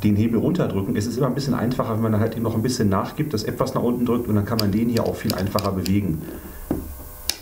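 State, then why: Seated. Someone talks while swinging the carbon leg of a Sirui T-1204X carbon travel tripod with the angle-stop lever held down. The angle stop then clicks into the leg hinge detent with a sharp click at 7.3 s, so the leg now stands.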